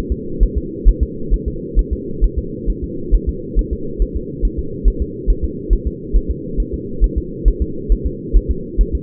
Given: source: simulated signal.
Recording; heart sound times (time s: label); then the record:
fetal heart sounds
0.12 s: S2
0.43 s: S1
0.57 s: S2
0.89 s: S1
1.03 s: S2
1.34 s: S1
1.48 s: S2
1.79 s: S1
1.93 s: S2
2.24 s: S1
2.38 s: S2
2.70 s: S1
2.84 s: S2
3.15 s: S1
3.29 s: S2
3.59 s: S1
3.73 s: S2
4.02 s: S1
4.16 s: S2
4.45 s: S1
4.59 s: S2
4.88 s: S1
5.02 s: S2
5.30 s: S1
5.44 s: S2
5.73 s: S1
5.87 s: S2
6.16 s: S1
6.31 s: S2
6.60 s: S1
6.74 s: S2
7.04 s: S1
7.18 s: S2
7.48 s: S1
7.62 s: S2
7.92 s: S1
8.06 s: S2
8.37 s: S1
8.51 s: S2
8.81 s: S1
8.95 s: S2
From the record:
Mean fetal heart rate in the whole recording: 135 bpm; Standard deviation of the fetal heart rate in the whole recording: 3 bpm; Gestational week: 36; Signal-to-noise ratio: -4.3 dB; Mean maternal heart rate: 72 bpm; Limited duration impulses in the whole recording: absent